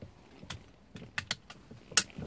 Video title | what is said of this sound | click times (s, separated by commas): STEERING ANGLE SENSOR CALIBRATION CODING PROGRAMING CLEANING REMOVAL REPLACEMENT SZL BMW E60 2003-05 | It should click. Can you hear the click? | 2.0 s